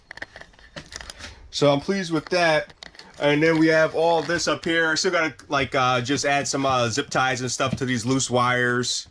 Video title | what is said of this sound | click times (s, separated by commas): Lithium Battery Trays Get Permanently Mounted DIY Off Grid RV Van Build: Episode 42 | then just push them back and they lock into place | 0.1 s, 1.0 s